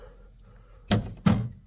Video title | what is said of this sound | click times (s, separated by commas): Tesla Model 3 Power Liftgate retrofit Installation (2018-2020 Model 3) - Satonic V5 | and you hear that clunk and we can just disconnect it | 0.9 s